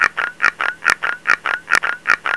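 Frog calling in a fast regular series of short pulsed croaks, about five each second, with a faint steady hum underneath.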